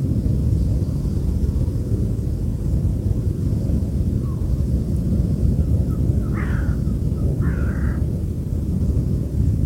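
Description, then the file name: Bird calls, two rough notes about a second apart in the latter half, nearly drowned by heavy roaring wind. Birds recorded together with wind. "Wind und Voegel"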